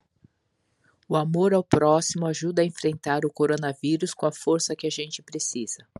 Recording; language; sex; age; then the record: spoken sentence; Brazilian Portuguese; female; 50 to 59 years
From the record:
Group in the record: control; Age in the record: 55 years